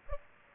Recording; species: mosquito wingbeat signal from an infrared sensor; Aedes aegypti